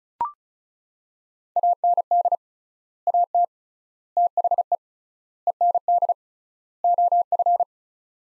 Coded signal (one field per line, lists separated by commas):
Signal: Morse code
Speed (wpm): 36 wpm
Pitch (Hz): 700 Hz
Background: none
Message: AND AT THE END OF